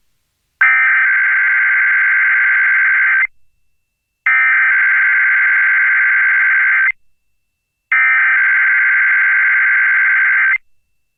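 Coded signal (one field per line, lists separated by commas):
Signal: Emergency Alert System (SAME) tones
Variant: header bursts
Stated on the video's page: Required monthly test captured from FM station relays, an FM station's automatic weekly test, and NOAA Weather Radio weekly tests.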